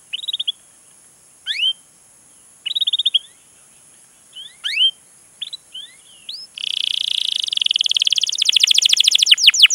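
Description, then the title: Canary song opening with scattered rising and falling chirps, then a dense buzzy trill and rapid repeated sweeping notes at the end. Long, lively canary song used as a lure to prompt other canaries to sing. "PANCINGAN Kenari GACOR PANJANG. Pancingan Gacor Masteran"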